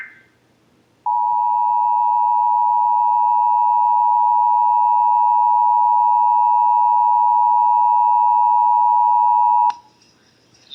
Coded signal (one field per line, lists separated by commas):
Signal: Emergency Alert System (SAME) tones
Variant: 853 and 960 Hz attention tone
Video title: (EAS #584) Severe Thunderstorm Warning (WBAP-FM)